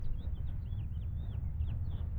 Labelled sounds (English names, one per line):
House Finch song